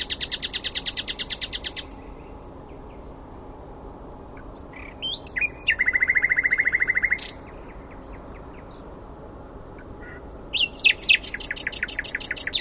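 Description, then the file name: Common nightingale song: a fast rattling trill, a pause, a rapid burst of repeated notes, another gap, then more quick repeated phrases. "Luscinia megarhynchos"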